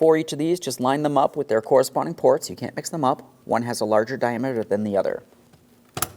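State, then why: Seated. On a 2015-2025 Ford Transit 250, a hose quick-connector, one of two lines of different diameters running along the back of the intake, is lined up with its intake port and pressed straight in. Someone talks for the first five seconds, then after a short quiet stretch a sharp click lands at 6.0 s as the connector seats in the port.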